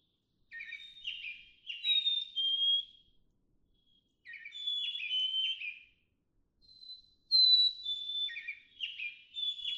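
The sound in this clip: Black-capped chickadee song: clear two-note whistles, higher then lower, mixed with short buzzy chips, in three bursts over ten seconds.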